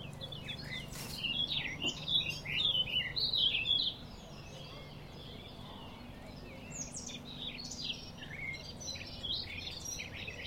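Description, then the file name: Eurasian blackcap: a lively warbled phrase of squeaky and fluted notes for about four seconds, followed by softer scattered bird notes. "Sylvia atricapilla"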